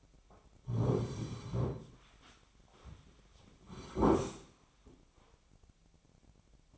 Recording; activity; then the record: daily activity, microphone in the room; sit down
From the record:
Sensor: 1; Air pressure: 1009.4 hPa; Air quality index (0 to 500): 181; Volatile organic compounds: 3 ppm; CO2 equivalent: 1526 ppm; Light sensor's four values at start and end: 45/119/49/59 and 46/123/51/61